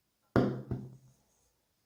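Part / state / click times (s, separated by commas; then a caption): safety eye locking washer onto eye post in crocheted doll head / seated / 0.4 s. A plastic locking washer is pressed with a pen cap onto the post of a plastic safety eye pushed through a crocheted doll head. A sharp hit at 0.4 s marks the washer locking onto the post, followed by a softer second knock at 0.7 s that fades out by about 1.2 s. The safety eye is seated and fixed in place.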